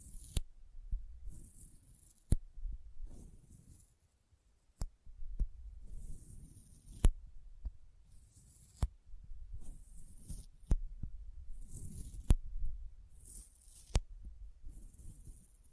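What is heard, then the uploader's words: Sticky fingers pull apart from a surface again and again, each release a sharp, clicky snap, roughly one every second or two. Between the snaps come low, thumping rubs and bursts of bright peeling hiss. There is a brief lull around the fourth second. ASMR Intense Sticky Finger Sounds (No Talking).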